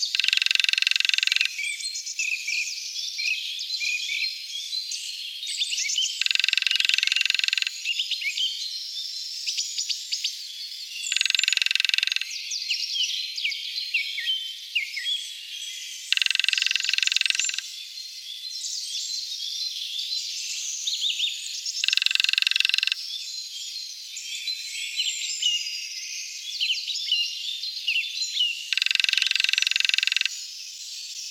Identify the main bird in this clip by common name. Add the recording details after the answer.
Lesser Spotted Woodpecker. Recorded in the wild. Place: Gottenheim / Freiburg im Breisgau, Baden-Württemberg, DE. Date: 1976-03-28. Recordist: Schwarz, Dieter